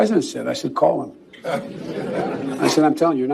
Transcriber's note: laughs